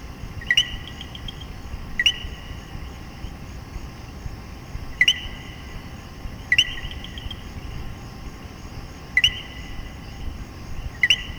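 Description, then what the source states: Coquí producing six two-note calls, low then higher, against a continuous low hiss. Puerto Rico.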